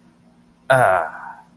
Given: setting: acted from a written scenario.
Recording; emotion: vocal sound without words; relief